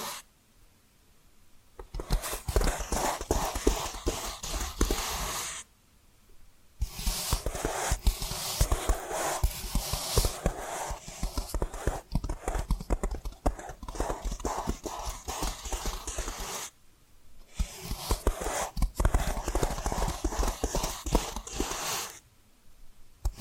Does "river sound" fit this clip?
no